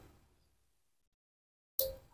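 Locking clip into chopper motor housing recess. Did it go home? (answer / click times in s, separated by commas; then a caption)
yes / 1.8 s. A metal locking clip is pushed into a recess on a chopper motor assembly housing during installation. After faint low rumble and near silence, a single sharp click at 1.8 s marks the clip snapping into place, followed by a brief ringing tail. The clip is seated and locked.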